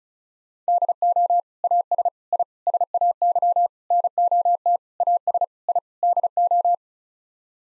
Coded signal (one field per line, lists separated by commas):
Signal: Morse code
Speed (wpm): 36 wpm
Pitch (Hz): 700 Hz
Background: none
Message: DO AS I SAY NOT AS I DO